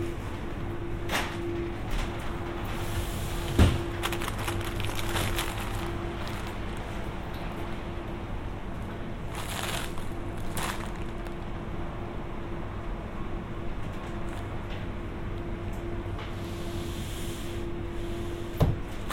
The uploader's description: binaural trip to the grocery store